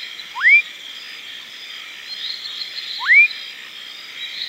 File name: Leptodactylus fuscus